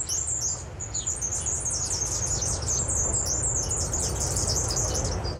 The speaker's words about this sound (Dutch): Ik zou je nog wel uren naar kunnen luisteren. Het ornaatelfje, een Australische zangvogel. Wetenschappers hebben ontdekt dat het moedervogeltje haar eitjes toezingt.